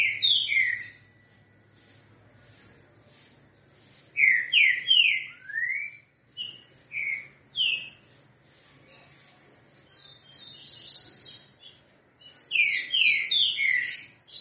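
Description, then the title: Green-winged saltator singing rich, downward-slurred whistled phrases in bursts, with short thin high notes between them and brief pauses. Three-note song style, called 'trinca-ferro 3 notas com boi'. "Canto De Trinca Ferro Voz 10. TRINCA=FERRO 3 NOTAS COM BOI"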